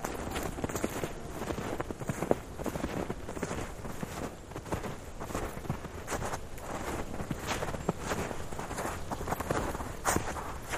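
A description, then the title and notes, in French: Mountain sounds: a dense, steady rustle runs through the whole stretch, with quick crunching ticks scattered irregularly over it, like steps or hooves on rough ground. Sharper, brighter snaps stand out around two, six and ten seconds. H1000 de Patrick Avakian propose, micro en main, une randonnée acoustique en montagne. On vous a mis Pyrénées et Québec au menu, neige à volonté.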